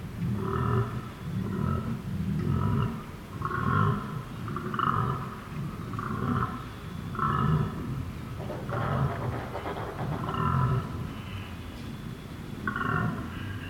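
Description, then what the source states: Koala bellow, a long run of deep snoring inhales and growling droned exhales repeating steadily, with a short crackling noise partway through. Recorded at night at Emu Creek, Benarkin, on 11 September 2018.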